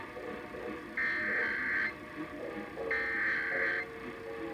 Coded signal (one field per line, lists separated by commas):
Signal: Emergency Alert System (SAME) tones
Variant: header bursts